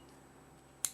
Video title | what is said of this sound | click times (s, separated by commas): Stripping, Cleaning and reassembly of the 1858 Nitro Remington | to then slip back into place you will hear a click as the filing pen relocates | 0.9 s